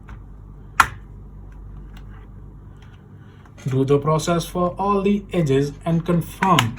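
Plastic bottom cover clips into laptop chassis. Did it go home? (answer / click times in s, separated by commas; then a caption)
yes / 0.8 s. The plastic bottom cover of an HP laptop, removed for a RAM upgrade, is pressed toward the laptop's body so its edge clips engage, with faint small ticks at first. One sharp, loud snap at 0.8 s confirms the cover has clipped into place. After a quiet stretch, someone talks from about 3.6 s onward.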